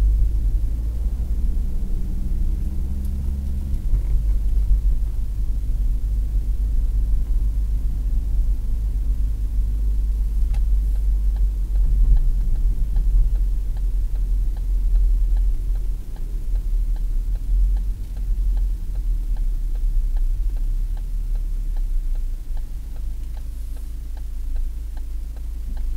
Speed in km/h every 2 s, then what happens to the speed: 39, 47, 51, 51, 52, 48, 46, 43, 36, 26, 17, 9, 3.
0-3 speeds up to 51. 3-9 steady at about 51. 9-26 slows to 3.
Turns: none.